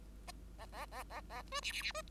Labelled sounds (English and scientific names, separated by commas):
Bengalese Finch (Lonchura striata domestica) song